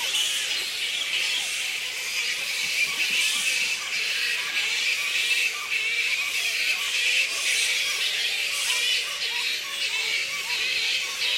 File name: black fruit bats -pteropus alecto colony squeaks